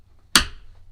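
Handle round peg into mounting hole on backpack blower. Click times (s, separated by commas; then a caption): 0.4 s. On the handle of a Stihl BR800C backpack leaf blower, a round plastic peg is pressed into a small mounting hole. It snaps into place at 0.4 s with a single loud, sharp, broadband snap that quickly rings down over a low steady hum. The peg is seated.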